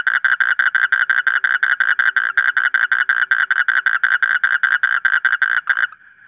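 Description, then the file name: Asian common toad calling in a regular series of short buzzy croaks, about five per second, ending abruptly near the close with a faint lingering tone. "suara kodok bangkong kolong kodok buduk"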